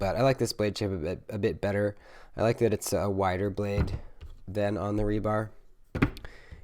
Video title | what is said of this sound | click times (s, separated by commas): Leatherman Free P2 FULL REVIEW! | and um yeah locks in place you close it the same way you close all the other tools | 6.0 s